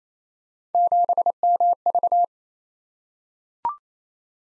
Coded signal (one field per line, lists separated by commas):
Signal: Morse code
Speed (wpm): 29 wpm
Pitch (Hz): 700 Hz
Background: none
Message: 7MV